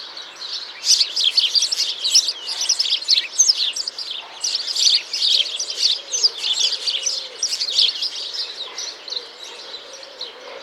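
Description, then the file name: House sparrows chirping continuously, a dense chorus of many overlapping high chirps and cheeps throughout, with a faint lower warbling sound partway through. "Passer domesticus"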